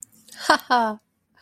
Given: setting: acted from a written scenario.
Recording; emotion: vocal sound without words; amusement